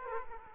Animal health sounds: mosquito wingbeat signal from an infrared sensor; Aedes aegypti

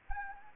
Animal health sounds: mosquito wingbeat signal from an infrared sensor; Anopheles gambiae

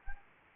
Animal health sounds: mosquito wingbeat signal from an infrared sensor; Anopheles gambiae

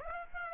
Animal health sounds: mosquito wingbeat signal from an infrared sensor; Aedes aegypti

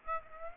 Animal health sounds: mosquito wingbeat signal from an infrared sensor; Aedes aegypti

